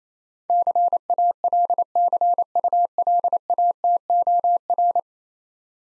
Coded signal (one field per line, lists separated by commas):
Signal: Morse code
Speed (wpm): 27 wpm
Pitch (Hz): 700 Hz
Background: none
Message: CALCULATOR